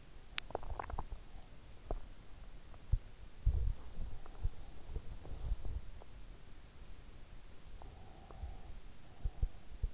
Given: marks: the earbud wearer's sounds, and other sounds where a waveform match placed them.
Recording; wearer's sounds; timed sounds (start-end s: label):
sounds in sleep by an in-ear microphone; swallowing
0.00-1.48 s: swallowing